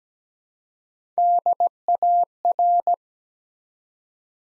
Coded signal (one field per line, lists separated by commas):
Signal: Morse code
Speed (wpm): 17 wpm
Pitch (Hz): 700 Hz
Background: none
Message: DAR